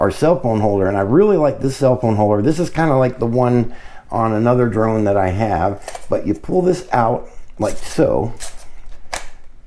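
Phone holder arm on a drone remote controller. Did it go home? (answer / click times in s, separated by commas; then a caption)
yes / 9.1 s. Someone talks while pulling out the sliding plastic phone holder arm on the remote controller of a DEERC D60 foldable beginner drone. A sharp click at 9.1 s marks the holder locking into its extended position.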